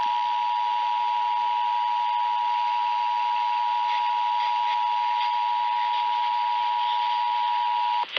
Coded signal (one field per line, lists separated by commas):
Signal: Emergency Alert System (SAME) tones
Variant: 853 and 960 Hz attention tone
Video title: TESTING GALORE... EAS Tests from October 2022 (EAS #1,646-1,704)